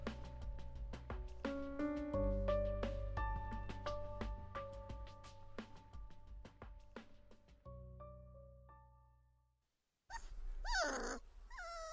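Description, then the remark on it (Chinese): A long stretch of layered instrumental music fades out into a brief silence, then a dog named Gourou, no longer a puppy, barks at the air and whimpers in a short burst of high, wavering cries at the very end. “在跟池小池玩闹过后，狗肉又不死心地去他身边转圈，对着空气吠上两声，像是要捉出和他捉迷藏的蝼蚁。”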